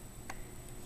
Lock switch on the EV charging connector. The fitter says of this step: which we push in and locks and now you can see that the light turned blue